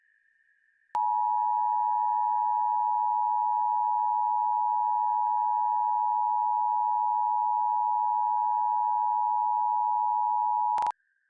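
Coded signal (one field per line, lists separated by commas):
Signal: Emergency Alert System (SAME) tones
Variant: 853 and 960 Hz attention tone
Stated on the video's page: Simulated EAS scenario, a fictional Las Vegas Enderman invasion.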